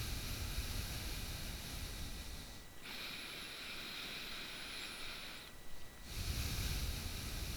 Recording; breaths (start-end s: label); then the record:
nose breathing near a microphone
0.00-2.84 s: exhalation
2.84-5.74 s: inhalation
5.74-7.56 s: exhalation
From the record:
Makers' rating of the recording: bad